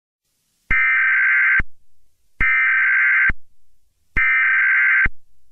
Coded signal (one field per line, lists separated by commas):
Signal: Emergency Alert System (SAME) tones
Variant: header bursts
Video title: EAS - National EAS Test Nov 9, 2011